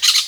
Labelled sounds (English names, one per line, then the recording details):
Brown-throated Parakeet contact call
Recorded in Venezuela
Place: Guárico; Corozopando; Fundo La Fe
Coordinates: 8.506, -67.593